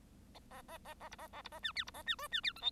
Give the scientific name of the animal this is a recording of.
Lonchura striata domestica